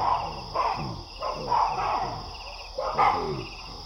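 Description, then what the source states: Baboon alarm calls: a run of several gruff, falling barks against a constant insect chorus. Baboons roosting in a big tree at nightfall, sensing a distant predator and sounding the alarm; Wassadou, Niokolo Koba National Park, Eastern Senegal, West Africa; 13 November 2017.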